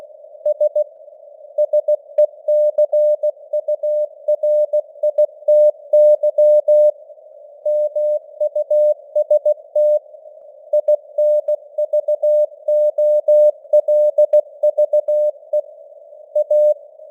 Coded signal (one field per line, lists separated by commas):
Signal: Morse code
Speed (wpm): 16 wpm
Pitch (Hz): 600 Hz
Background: none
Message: S SECURITY MUST INVOLVE A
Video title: Morse Code News | 2025-12-16 | 16wpm